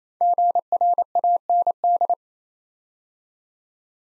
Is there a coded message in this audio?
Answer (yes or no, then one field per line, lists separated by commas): yes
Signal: Morse code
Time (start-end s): 0.2-2.1 s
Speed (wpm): 28 wpm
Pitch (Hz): 700 Hz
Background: none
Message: GRAND